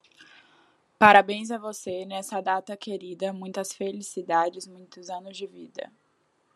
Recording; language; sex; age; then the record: short text; Brazilian Portuguese; female; 20 to 29 years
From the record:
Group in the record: control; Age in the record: 23 years